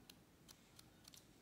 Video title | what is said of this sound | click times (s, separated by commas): REVIEW & BUILD - DigiFlavor Pharaoh Mini A Rip Trippers Project | you hear that so it does click into place | 0.1 s, 0.5 s, 0.8 s, 1.1 s